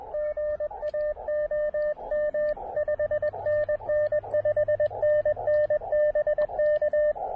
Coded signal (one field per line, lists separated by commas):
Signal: Morse code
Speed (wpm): 23 wpm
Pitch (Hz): 590 Hz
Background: radio noise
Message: GA OM 5NN 5NN BK